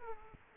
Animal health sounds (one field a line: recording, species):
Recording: mosquito wingbeat signal from an infrared sensor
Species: Aedes aegypti